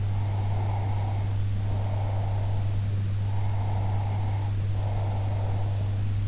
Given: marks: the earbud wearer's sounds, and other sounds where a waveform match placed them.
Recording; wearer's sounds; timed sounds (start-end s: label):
sounds in sleep by an in-ear microphone; breath
0.11-2.79 s: breath
3.19-5.94 s: breath